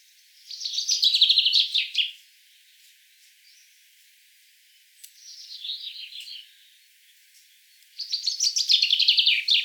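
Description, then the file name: Common chaffinch song: three bright, fast descending trilled phrases, each about one and a half seconds long and spaced a few seconds apart, the middle phrase softer. "Fringilla coelebs"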